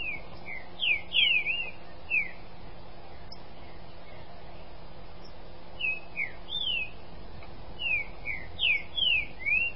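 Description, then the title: Green-winged Saltator singing clear slurred whistles, many sliding downward, in two phrases separated by a pause. "Trinca Ferro"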